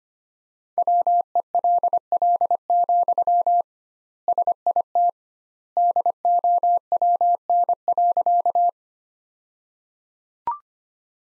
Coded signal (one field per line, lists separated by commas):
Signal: Morse code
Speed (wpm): 25 wpm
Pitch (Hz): 700 Hz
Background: none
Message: WELL, SIT DOWN.